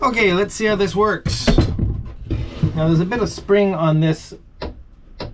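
A wooden galley cabinet door is closed against a home-made magnet catch made of a screw head against a magnet. Someone talks, then two short knocks are heard near 4.6 and 5.2 seconds as the door shuts. The magnet is not strong enough to hold the door, so nothing has seated or clicked yet.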